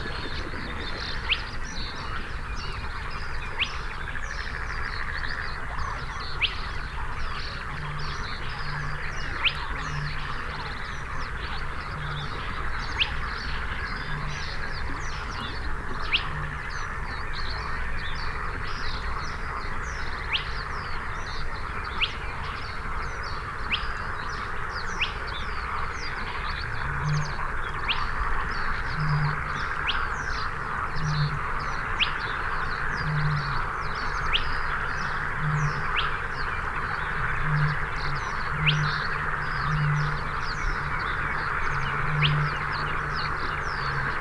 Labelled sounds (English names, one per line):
Spotted Crake song